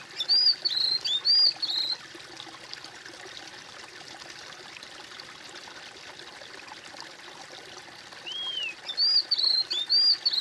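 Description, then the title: Bird song in two brief bursts of high, slurred whistles, one at the start and one near the end, separated by several seconds of steady hiss. "kOMPILASI suara bird"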